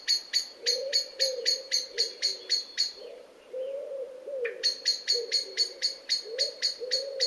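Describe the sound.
Bird calling in fast runs of sharp, high, ticking notes, about four a second, with a short pause midway, over a wavering lower hum.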